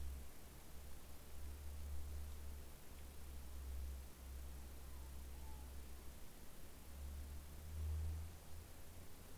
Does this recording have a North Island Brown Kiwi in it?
no